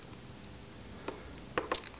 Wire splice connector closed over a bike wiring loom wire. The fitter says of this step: and you can hear it click